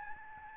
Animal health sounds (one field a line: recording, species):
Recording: mosquito wingbeat signal from an infrared sensor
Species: Aedes albopictus